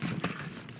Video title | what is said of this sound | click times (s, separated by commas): REAX Poseidon Dry Bag Review | this simply snaps into place. | 0.2 s